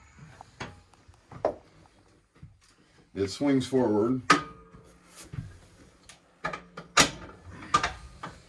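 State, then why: Seated. The passenger seat on a swivel base in a converted school bus is swung forward until it locks into position, so the passenger and driver can sit side by side. Someone talks over a series of short knocks and clacks from the moving seat. The seat locks into place with a sharp click at 7.8 s.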